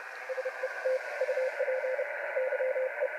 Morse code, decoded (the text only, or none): SET UP YE